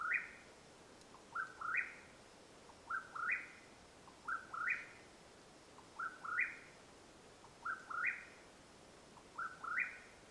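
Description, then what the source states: Mexican whip-poor-will calling repeatedly, each phrase a short note then a double upward whistle, roughly every one and a half seconds in a calm setting. Calling at nightfall, Madera Canyon, Arizona, USA, 21 April 2022.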